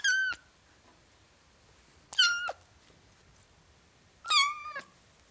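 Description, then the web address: Domestic cat: kitten meowing: three high mews about two seconds apart, each starting sharply and sliding down in pitch. Ten-week-old kitten, meowing. "The BBC Sound Effects Library (Cats) Ten Week Old Kitten, Meowing"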